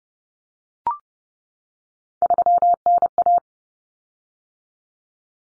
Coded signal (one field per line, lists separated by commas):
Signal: Morse code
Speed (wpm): 30 wpm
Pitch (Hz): 700 Hz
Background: none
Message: 3NA